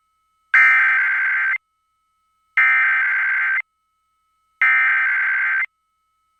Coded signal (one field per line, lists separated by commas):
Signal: Emergency Alert System (SAME) tones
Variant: header bursts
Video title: [EAS #44-47] KLOVE and KKLQ required weekly tests